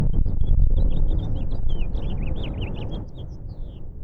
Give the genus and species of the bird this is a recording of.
Haemorhous mexicanus